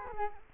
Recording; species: mosquito wingbeat signal from an infrared sensor; Culex quinquefasciatus